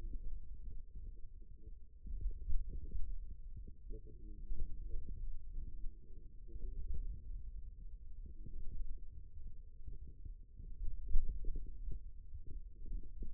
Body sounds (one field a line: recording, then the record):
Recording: forearm muscle sounds (acoustic myography)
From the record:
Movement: hand opening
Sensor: system 2, bracelet of six BSWA MPA416 microphones around the upper forearm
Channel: 3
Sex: male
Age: 22 years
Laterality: right